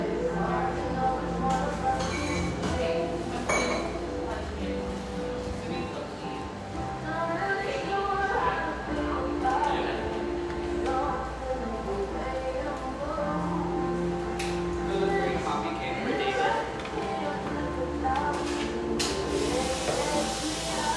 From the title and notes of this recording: Our final Portland recording session (for now) takes place in this industrial-aesthetic cafe in Portland's pictureesque Grant Park neighborhood.